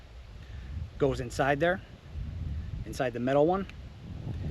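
A HEPA filter is handled at the metal filter housing of a portable vacuum, where it will lock onto the tabs. Someone talks over a low background rumble. Nothing has seated or clicked yet.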